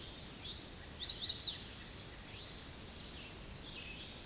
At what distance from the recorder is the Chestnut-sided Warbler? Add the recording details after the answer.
about 20 m. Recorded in a Pennsylvania forest on 18 May 2023 at 09:05. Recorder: AudioMoth, point grid1_34_low. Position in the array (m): 213 m, 132 m